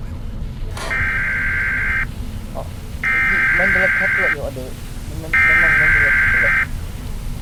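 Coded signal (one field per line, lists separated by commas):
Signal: Emergency Alert System (SAME) tones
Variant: header bursts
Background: speech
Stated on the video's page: Heard in Roblox.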